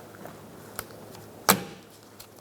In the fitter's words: and you should hear it click in.